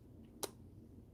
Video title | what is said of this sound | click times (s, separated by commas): @organicsilvermoondesignsLLG mix media Artist Lydia is live! | There we go. I just heard it click in. Anybody else hear that? That little click? | 0.4 s